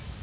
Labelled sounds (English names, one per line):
Cape May Warbler flight call